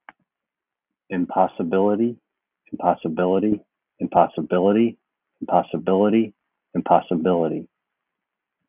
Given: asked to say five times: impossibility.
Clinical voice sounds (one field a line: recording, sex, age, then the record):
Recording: repeated word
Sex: male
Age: 50 to 59 years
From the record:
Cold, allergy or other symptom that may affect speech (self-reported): no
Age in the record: 51 years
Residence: Florida, United States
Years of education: 16